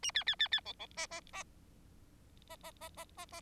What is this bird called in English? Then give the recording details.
Bengalese Finch. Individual Bird4